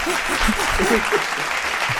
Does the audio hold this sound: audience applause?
yes